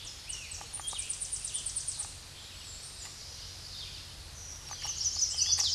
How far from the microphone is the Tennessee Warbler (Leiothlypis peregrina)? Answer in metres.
about 30 m